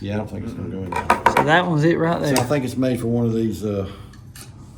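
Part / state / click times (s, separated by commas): spike bayonet onto rifle muzzle mount / not seated / none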